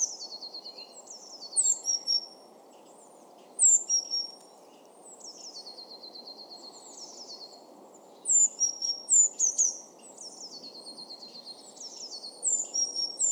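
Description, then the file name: Eurasian blue tit calls: clusters of thin, high down-slurred notes, some running into buzzy descending churrs, in bursts every few seconds over a steady low rumble. "Cyanistes caeruleus"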